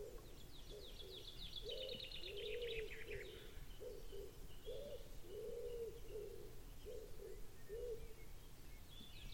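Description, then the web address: Common wood pigeon cooing, soft low hoots in a steady rhythmic phrase of several beats, while another bird gives a high descending trill early on. "cianscape. Deverinetal. Bird Only"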